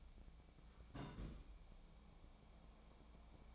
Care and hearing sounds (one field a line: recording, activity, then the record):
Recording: daily activity, microphone in the room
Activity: place on stove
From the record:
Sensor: 1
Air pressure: 1000.0 hPa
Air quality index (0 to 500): 132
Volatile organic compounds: 2 ppm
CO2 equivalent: 1251 ppm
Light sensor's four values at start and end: 44/109/46/58 and 43/109/46/58